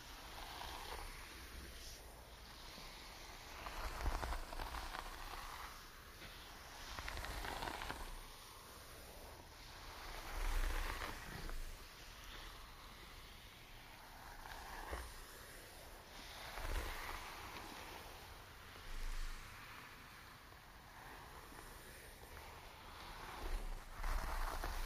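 Hair is brushed and handled with soft, repeated swishing strokes, each rising and fading every couple of seconds. Louder passes come near 4, 10, 16 and 24 seconds, with light clicks of accessories between them. A faint steady hiss sits underneath throughout.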